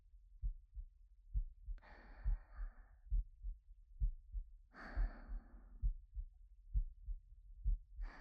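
Soft, paired low thumps sound in a steady rhythm at about 67 beats a minute, heard up close through the chest. Two slow, deep breaths sweep over the beats, an in-breath and then a longer breath out.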